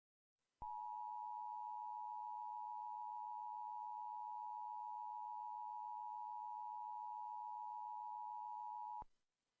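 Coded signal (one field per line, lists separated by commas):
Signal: Emergency Alert System (SAME) tones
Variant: 853 and 960 Hz attention tone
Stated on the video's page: Test tones heard interrupting a television program.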